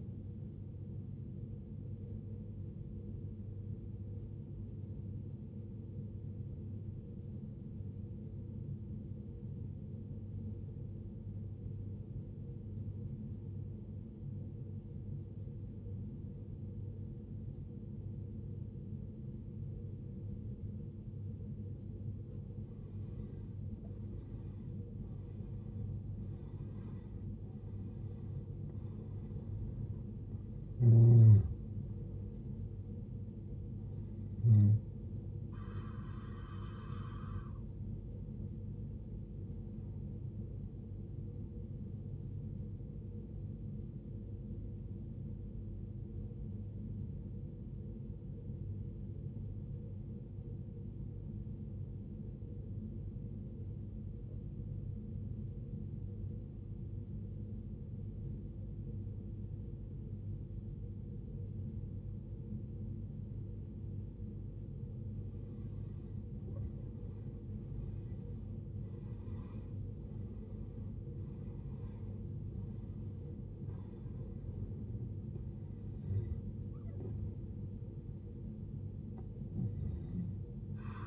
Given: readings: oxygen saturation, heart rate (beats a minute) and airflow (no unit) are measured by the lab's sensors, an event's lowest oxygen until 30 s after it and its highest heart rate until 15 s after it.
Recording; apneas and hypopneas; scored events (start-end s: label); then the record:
breathing in sleep by a smartphone at the bedside; 2
3.00-25.70 s: obstructive apnea (N1, oxygen 95% highest, then 84% lowest, heart rate 54 at the start, 74 highest)
42.00-72.00 s: new sleep stage, N2 (light sleep)
47.00-63.80 s: obstructive apnea (N2, oxygen 95% highest, then 87% lowest, heart rate 59 at the start, 77 highest)
72.00-81.07 s: new sleep stage, N1 (lightest sleep)
From the record:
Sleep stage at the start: N1 (lightest sleep); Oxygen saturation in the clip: 84 to 95%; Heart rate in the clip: 54 to 77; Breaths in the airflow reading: 11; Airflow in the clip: -15.5 to 14.9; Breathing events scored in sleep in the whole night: 389 in 6.3 hours asleep